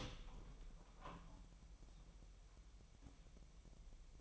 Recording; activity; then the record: daily activity, microphone in the room; open door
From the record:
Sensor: 1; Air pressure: 1001.2 hPa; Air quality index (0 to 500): 249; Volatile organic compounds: 147 ppm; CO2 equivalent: 4010 ppm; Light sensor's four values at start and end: 12/29/12/13 and 12/30/12/13